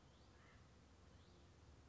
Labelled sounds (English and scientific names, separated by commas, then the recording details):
Acorn Woodpecker (Melanerpes formicivorus)
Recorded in Sonoma County, California